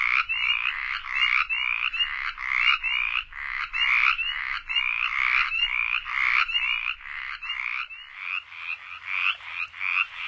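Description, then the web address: Mountain chorus frog calling, short raspy notes repeated rapidly in a steady series. North America. "Songs of Frogs Toads of North America. Mountain Chorus Frog"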